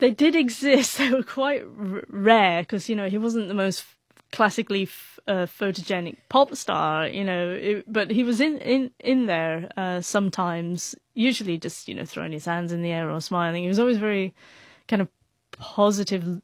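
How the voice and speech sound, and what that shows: Mostly fluent adult female speech with brief word repetitions, stretched sounds and a block before 'positive': mild stuttering that is not very prevalent.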